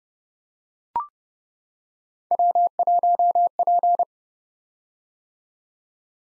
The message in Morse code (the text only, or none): W1P